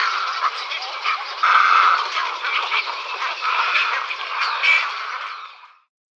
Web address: Schulze Peter Cattle Egret